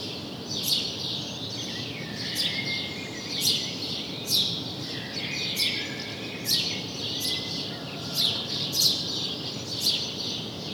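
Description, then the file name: House sparrow chirping steadily, bright clipped notes roughly every second, over steady background noise. "Passer domesticus"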